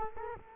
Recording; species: mosquito wingbeat signal from an infrared sensor; Culex quinquefasciatus